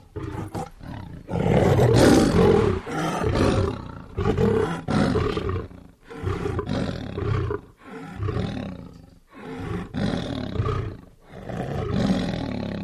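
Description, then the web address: Lion giving a long, powerful roar followed by a series of shorter grunting roars. "big cats|lions"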